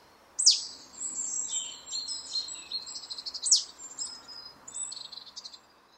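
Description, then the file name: Marsh tit calls: two sharp, high, downslurred notes, each followed by a run of buzzy, scratchy chatter, over a faint steady hiss. "Poecile palustris"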